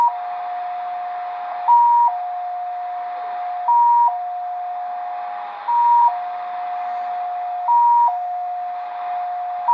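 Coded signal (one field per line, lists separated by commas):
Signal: multi-tone FSK (Olivia or MFSK type)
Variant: XPA2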